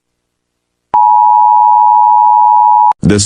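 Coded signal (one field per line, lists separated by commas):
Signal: Emergency Alert System (SAME) tones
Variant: 853 and 960 Hz attention tone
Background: speech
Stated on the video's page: Mock Emergency Alert System alert for the USA, not a real broadcast.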